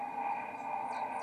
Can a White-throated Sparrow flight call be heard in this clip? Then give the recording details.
no. No flight call is heard. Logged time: 12:15 on 17 December 2014